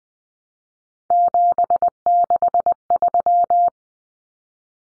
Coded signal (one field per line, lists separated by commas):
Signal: Morse code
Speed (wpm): 20 wpm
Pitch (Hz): 700 Hz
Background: none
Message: 763